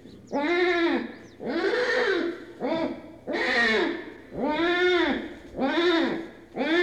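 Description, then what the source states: Tiger cub crying in repeated bleating wails, each arching up then down, coming roughly once a second over a low hum. Tiger cub, in a cage.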